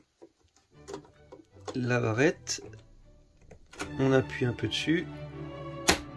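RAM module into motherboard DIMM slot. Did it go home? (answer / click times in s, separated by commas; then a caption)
yes / 5.9 s. A RAM module is lined up by its longer and shorter sections and pressed down into a motherboard DIMM slot while someone talks over background music. The slot's retention clip snaps shut with a sharp click at 5.9 s, and the module is seated.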